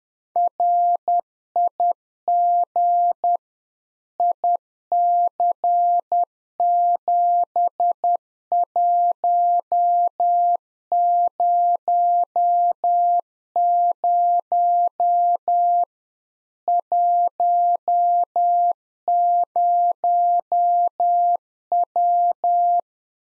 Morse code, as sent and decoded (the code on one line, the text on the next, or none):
.-. .. --. / .. -.-. --... .---- ----- ----- / .---- ----- .--
RIG IC7100 10W